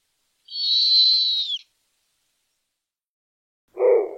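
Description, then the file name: Snowy owl giving one long, high, steady whistle that drops slightly at the end, then a short, lower, hoarse note. Captive bird at a zoo in Pessac near Bordeaux, France. "Harfang des neiges"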